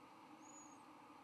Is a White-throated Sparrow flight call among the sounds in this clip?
no